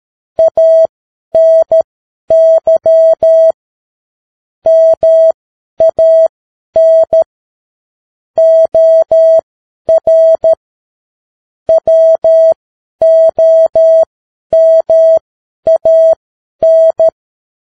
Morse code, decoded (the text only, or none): ANY MAN OR WOMAN